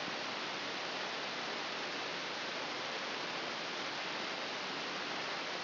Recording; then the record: brain microelectrode recording played as sound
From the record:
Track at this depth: inside the subthalamic nucleus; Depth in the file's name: 1.738 mm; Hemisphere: left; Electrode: 3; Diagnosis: Parkinson's disease